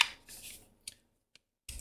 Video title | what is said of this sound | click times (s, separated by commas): Chad's Star Wars "Visions" Ronin Neopixel Lightsaber with CFX | and then turn it clockwise until it snaps into place it will be a tight fit uh | 1.7 s